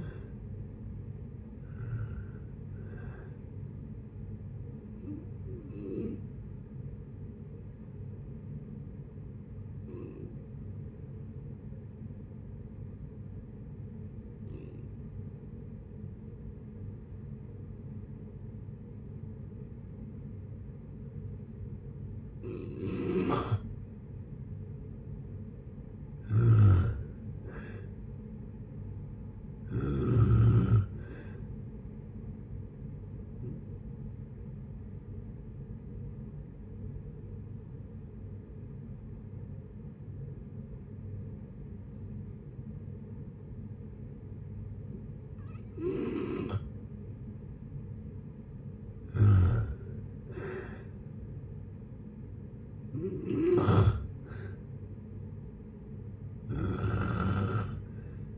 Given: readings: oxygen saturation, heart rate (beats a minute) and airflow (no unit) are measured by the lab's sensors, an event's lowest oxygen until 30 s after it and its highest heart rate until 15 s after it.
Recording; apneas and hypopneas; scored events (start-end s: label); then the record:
breathing in sleep by a smartphone at the bedside; 2
9.00-27.70 s: hypopnea (N1, oxygen 95% highest, then 89% lowest, heart rate 61 at the start, 68 highest)
18.00-58.38 s: new sleep stage, N2 (light sleep)
35.00-49.90 s: hypopnea (N2, oxygen 95% highest, then 88% lowest, heart rate 66 at the start, 67 highest)
From the record:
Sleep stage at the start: N1 (lightest sleep); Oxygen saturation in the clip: 75 to 95%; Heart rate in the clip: 57 to 73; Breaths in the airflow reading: 14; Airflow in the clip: -7.8 to 7.1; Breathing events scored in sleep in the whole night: 496 in 5.4 hours asleep